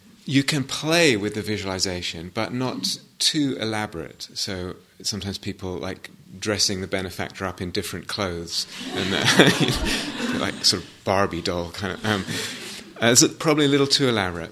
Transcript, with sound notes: You can play with the visualization, but not too elaborate. So, sometimes people like dressing the benefactor up in different clothes. [laughter] Bit like, sort of, Barbie doll -- it's probably a little too elaborate.